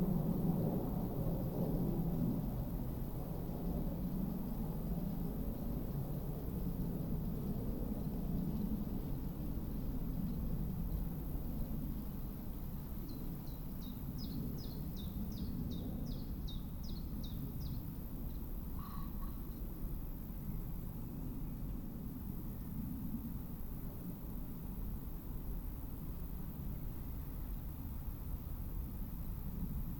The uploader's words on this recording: Summer meadow woodland edge. How banks of soft summer air move spatially across the treetops. How trains, passing distantly through the forest, make sound like silver wind. We travelled into Hertfordshire (by train and on foot of course) to take this sound photograph from as near as possible to the Clinton Baker Pinetum one lunchtime last week.